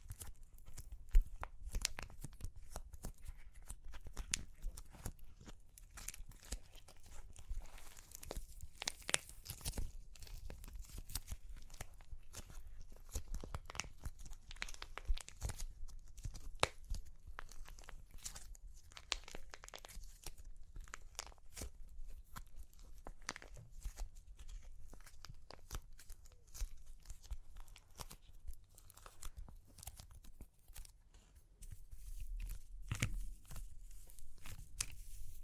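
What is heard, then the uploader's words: Clay is crunched and cracked, making a dense stream of sharp snaps and crackles that runs without a break for the full 35 seconds. The pops come fast and irregularly, some louder than others, over a soft low rumble, with a slightly busier burst near the end. Super Crunchy Clay Cracking (No Talking).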